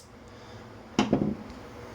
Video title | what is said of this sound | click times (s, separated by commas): The Ozark Trail Axis Lock, a Benchmade it is not. | got a satisfying click | 1.0 s